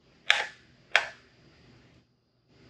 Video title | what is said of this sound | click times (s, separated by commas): How-To:THE Complete 3.6 Pentastar Oil Cooler & Spark Plug Swap Video | nice smooth smooth movement till you get a click | 0.3 s, 1.0 s